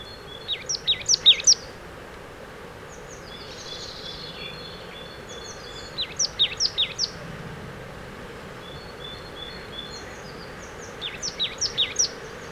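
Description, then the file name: Marsh tit repeating bursts of five to seven high, clipped, down-slurred notes roughly every five seconds, with faint thin whistles between them. "Poecile palustris"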